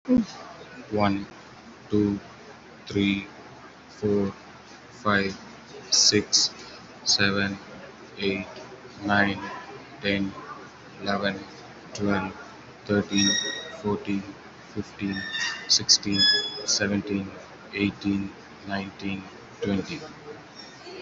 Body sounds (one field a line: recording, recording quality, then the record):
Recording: counting at a normal pace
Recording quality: excellent, no background noise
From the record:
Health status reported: COVID-19 positive, mild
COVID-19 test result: positive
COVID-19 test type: RT-PCR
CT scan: not taken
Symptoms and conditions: cough, cold, sore throat, fever, muscle pain, loss of smell and taste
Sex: male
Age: 41 years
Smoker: no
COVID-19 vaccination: one dose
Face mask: worn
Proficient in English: yes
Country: India